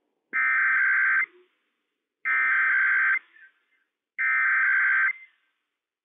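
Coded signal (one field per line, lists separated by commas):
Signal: Emergency Alert System (SAME) tones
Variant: header bursts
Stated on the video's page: Valid Required Weekly Test tones on NOAA weather radio, issued by the Washington State Emergency Operations Center for all of Washington State.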